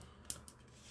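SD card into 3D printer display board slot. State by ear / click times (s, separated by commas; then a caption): seated / 0.3 s. A micro SD card is pushed into the card slot on the display board of an Ender 3 Max Neo 3D printer until it snaps in. A sharp, bright click sounds at 0.3 s, followed by a softer tick at about 0.5 s, against a quiet background. The card is seated in the slot.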